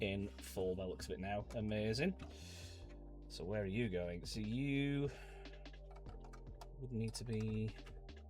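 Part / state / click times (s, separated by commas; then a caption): plastic LEGO piece into the Titanic model's hull assembly / not seated / none. A plastic LEGO brick or Technic piece is handled and pushed toward its position in the hull assembly of a LEGO Titanic model while someone talks over music in the background. Faint handling taps come through as the part is positioned, but nothing has seated or clicked into place yet.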